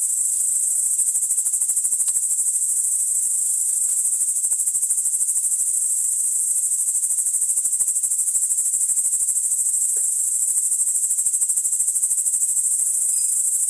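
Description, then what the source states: Crickets chirping in a dense, steady chorus of very high, rapid pulses that continues unbroken throughout, with no other clear sounds. Crickets recorded in the Emmental.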